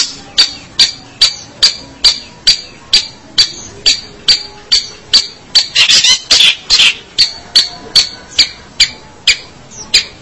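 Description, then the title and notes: Long-tailed shrike calls, sharp high clicking notes repeated steadily about twice a second, with a brief burst of harsher rasping notes midway. March 2017. "Pentet 201703. Suara burung pentet"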